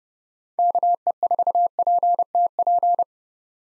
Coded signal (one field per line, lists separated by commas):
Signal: Morse code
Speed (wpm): 31 wpm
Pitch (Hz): 700 Hz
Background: none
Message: KE4PTP